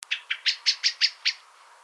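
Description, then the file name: Common blackbird calls: seven sharp, clipped chinking notes in quick succession, about five per second, then fading into quiet. "Turdus merula"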